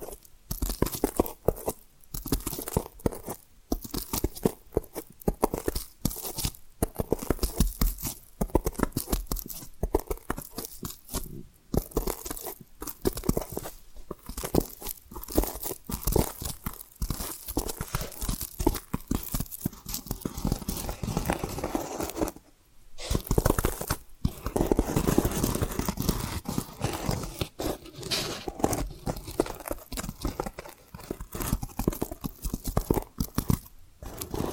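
Dense tapping and scratching run through the whole recording, a busy stream of crisp, crunchy strokes with little pause. The sound is rough and full across low and bright ranges, with brief gaps near 2, 11 and 23 seconds before the scratching resumes.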